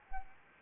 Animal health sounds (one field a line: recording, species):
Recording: mosquito wingbeat signal from an infrared sensor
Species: Anopheles gambiae